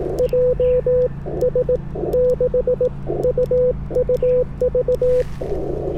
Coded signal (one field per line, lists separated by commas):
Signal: Morse code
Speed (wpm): 18 wpm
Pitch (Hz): 500 Hz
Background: none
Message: JS6UUV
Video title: Japan POTA - IC-705 Back to its Birthplace (My Layover Was Tokyo)